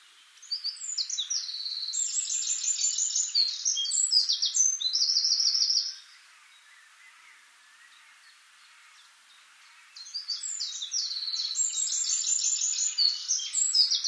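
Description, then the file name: Eurasian wren song: two long, very high, rapid trilling bursts separated by roughly four seconds of quiet. "Troglodytes troglodytes"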